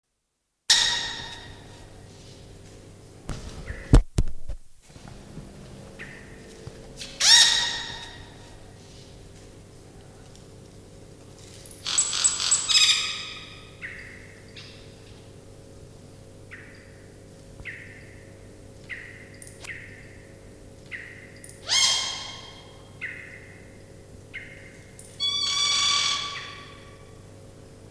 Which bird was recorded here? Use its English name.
Yellow-rumped Cacique